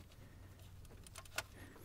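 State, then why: Seated. A new rubber PCV/emission grommet is pushed into one corner of the valve cover hole on a 1992–2007 GM (Chevy/GMC) truck or van engine, then squeezed in all the way around, with a steady low hum and a few faint ticks as it goes in. A sharp little snap at 1.4 s marks the grommet seating fully in the valve cover.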